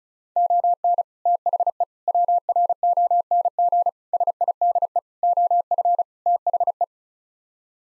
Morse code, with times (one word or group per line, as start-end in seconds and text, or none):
0.4-1.0 ON
1.3-1.8 THE
2.1-3.9 WRONG
4.1-5.0 SIDE
5.2-6.0 OF
6.3-6.8 THE